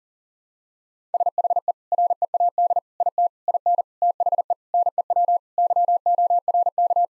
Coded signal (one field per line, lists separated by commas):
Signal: Morse code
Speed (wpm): 40 wpm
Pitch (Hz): 700 Hz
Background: none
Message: SHE READ IT IN THE NEW YORK